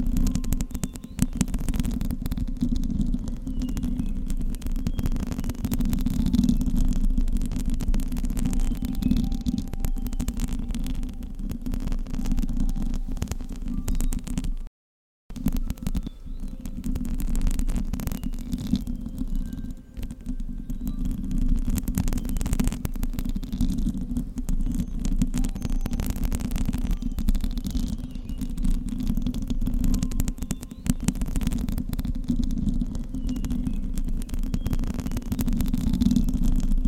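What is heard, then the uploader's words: Fingernails scratch against a microphone in a steady, dense rasping that sits mostly low and muffled, with faint brighter scrapes on top. The rubbing runs almost continuously, swelling and easing in loose strokes, and cuts out briefly around the fifteen-second mark. Mic scratching with nails.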